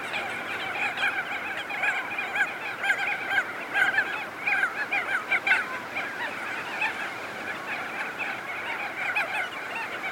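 Many crested auklets honking at once, a busy continuous chorus of nasal, trumpeting notes that swells around the middle.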